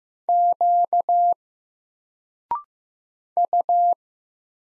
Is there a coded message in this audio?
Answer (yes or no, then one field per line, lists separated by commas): yes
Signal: Morse code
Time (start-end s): 0.3-3.9 s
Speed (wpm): 15 wpm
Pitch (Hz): 700 Hz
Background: none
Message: Q U